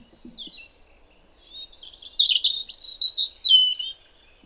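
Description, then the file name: European robin singing a high, liquid phrase of shifting whistles and trills that builds in loudness. "Erithacus rubecula"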